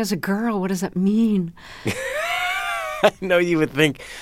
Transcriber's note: laughter